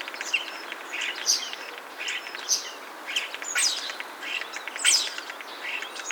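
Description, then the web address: Common starling song of rasping chatters, clicks and brief sharp whistles in irregular bursts over constant background hiss. "Starling"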